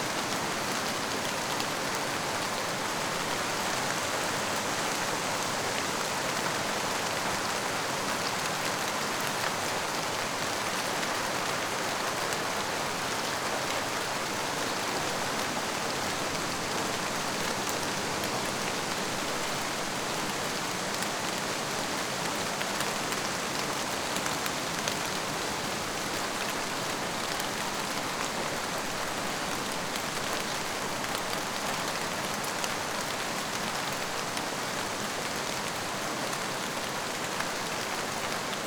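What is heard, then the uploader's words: A rainstorm pours steadily outside, a dense, even hiss of countless drops with no pauses or build-ups across the whole stretch. The sound is bright and full, spread from low rumble to high sizzle, with fine crackling patter on surfaces close by. Rainstorm Outside White Noise. White noise of the rainstorm outside.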